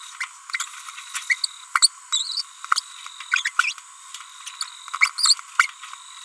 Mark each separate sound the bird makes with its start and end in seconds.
0.21-0.25, 1.30-1.35, 1.44-1.46, 1.75-1.87, 2.13-2.42, 2.72-2.80, 3.32-3.49, 3.59-3.73, 5.18-5.40, 5.59-5.70